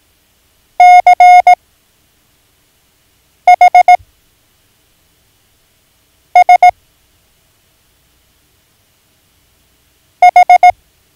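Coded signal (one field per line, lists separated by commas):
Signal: Morse code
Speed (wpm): 18 wpm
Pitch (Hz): 720 Hz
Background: none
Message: C H S H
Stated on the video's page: Morse code learning lesson introducing letters O, S, C and H.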